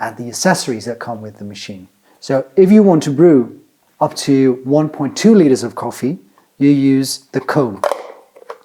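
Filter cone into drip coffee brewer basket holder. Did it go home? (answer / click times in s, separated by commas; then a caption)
no / none. Someone talks while handling the plastic filter cone for brewing up to 1.2 litres of coffee with the Sage Precision Brewer drip coffee machine, about to push it into the brewer's filter holder. A few faint, short handling taps come right at the end, but the cone has not clicked into the holder or seated yet.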